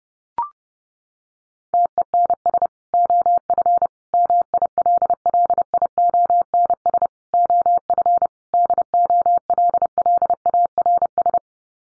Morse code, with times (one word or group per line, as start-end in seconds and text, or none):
1.7-2.7 TENS
2.9-3.9 OF
4.1-7.1 MILLIONS
7.3-8.3 OF
8.5-11.4 DOLLARS